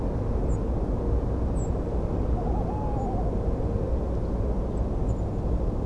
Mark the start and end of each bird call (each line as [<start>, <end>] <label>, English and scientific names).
[0.48, 0.57] European Robin (Erithacus rubecula)
[1.54, 1.68] European Robin (Erithacus rubecula)
[2.35, 3.38] Tawny Owl (Strix aluco)
[2.97, 3.08] European Robin (Erithacus rubecula)
[4.76, 4.80] Song Thrush (Turdus philomelos)
[5.06, 5.14] European Robin (Erithacus rubecula)